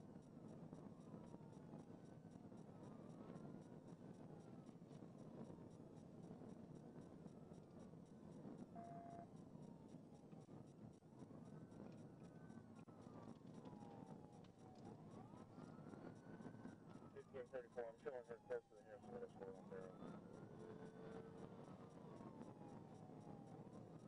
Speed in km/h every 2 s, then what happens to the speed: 172, 179, 187, 187, 182, 145, 135, 127, 116, 121, 142, 155.
0-7 speeds up to 187. 7-16 brakes to 116. 16-24 speeds up to 155.